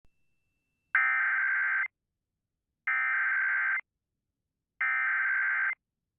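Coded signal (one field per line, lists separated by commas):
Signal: Emergency Alert System (SAME) tones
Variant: header bursts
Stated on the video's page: Civil Danger Warning for all of Hawaii regarding a tsunami threat, not a Tsunami Warning.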